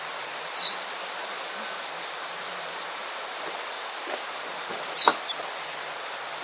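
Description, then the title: Tepui brush finch giving very high, thin calls: a few sharp ticks, then a downslurred note running into a quick series of tinny notes, heard twice. Nominate subspecies, Atlapetes personatus personatus. "LuckyPassaro Completos2Sama. Tepui Brush Finch"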